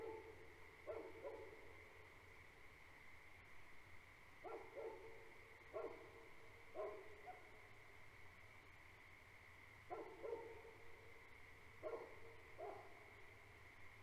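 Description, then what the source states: Great Pyrenees barking repeatedly in paired and single deep woofs at irregular intervals, over a steady, ringing frog chorus. Two livestock guardian dogs on a farm at night, barking for the first five minutes and periodically afterward; frog chorus in background; recorded March 2021.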